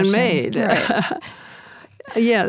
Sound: laughs